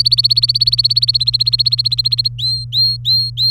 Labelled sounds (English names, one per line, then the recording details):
Domestic Canary song
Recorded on 23 April 2018 at 17:26
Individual llb3